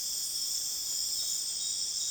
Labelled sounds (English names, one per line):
none